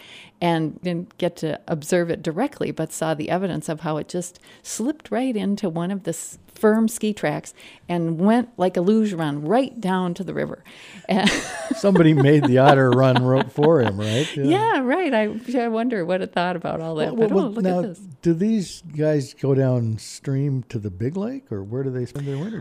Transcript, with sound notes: We didn’t get to observe it directly, but saw the evidence of how it just slipped right in to one of the firm ski tracks and went like a luge run right down to the river. Somebody made the otter run for him, right? [Laughs] Yeah, right, I wonder what it thought about all that. Now do these guys go downstream to the big lake, or where do they spend their winter?